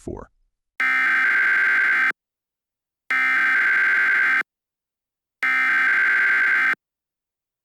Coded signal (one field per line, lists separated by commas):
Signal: Emergency Alert System (SAME) tones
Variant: header bursts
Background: speech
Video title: June 17 (An EAS Scenario)